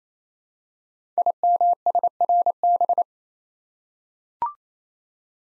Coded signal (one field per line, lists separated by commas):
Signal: Morse code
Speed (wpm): 28 wpm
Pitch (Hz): 700 Hz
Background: none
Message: IMSRB